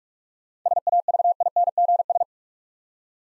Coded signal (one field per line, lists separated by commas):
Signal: Morse code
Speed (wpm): 45 wpm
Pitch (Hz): 700 Hz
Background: none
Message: SAVINGS